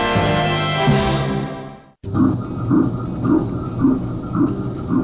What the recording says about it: This is the sound of not just one, not just two, but three heartbeats. The heartbeat of a preborn baby can be heard as early as 6 weeks on ultrasound. I was having three baby boys.